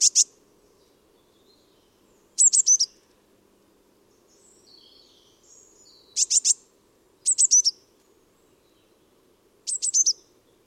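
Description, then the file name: Eurasian blue tit giving several short bursts of two to four high, thin, falling notes, with soft fainter bird notes between and a low steady hum. "Cyanistes caeruleus"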